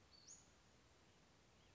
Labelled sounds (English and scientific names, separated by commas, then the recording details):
Western Flycatcher (Empidonax difficilis)
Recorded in Sonoma County, California